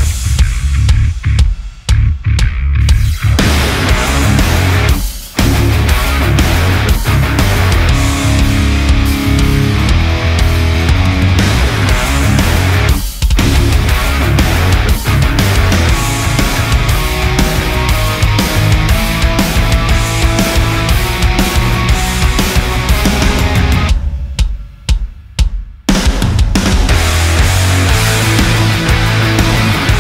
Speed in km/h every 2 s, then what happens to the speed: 17, 20, 22, 23, 21, 24, 27, 27, 27, 27, 27, 27, 24, 23, 26.
0-12 speeds up to 27. 12-30 steady at about 27.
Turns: none.